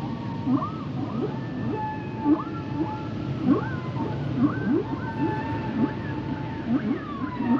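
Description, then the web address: Whale song: dense mix of rising squeals, long level tones and rapid low upsweeping chirps, overlapping throughout. "Natures Songs Whale Songs Whales and Dolphins - whale nature sounds songs"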